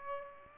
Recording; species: mosquito wingbeat signal from an infrared sensor; Aedes aegypti